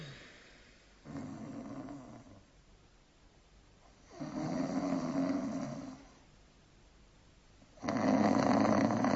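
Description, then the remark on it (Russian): Three loud, raspy snores come at slow, even intervals, each a long rumbling inhale lasting over a second, with quiet pauses between and no talking. “Мне показалось, кто-то храпит.”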